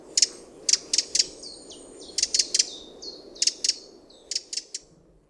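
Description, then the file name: Eurasian wren giving hard ticking calls in quick clusters, repeated throughout, with faint thin whistles behind. "Troglodytes troglodytes"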